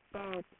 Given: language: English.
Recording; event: throat vibration sensor signal played as sound; speech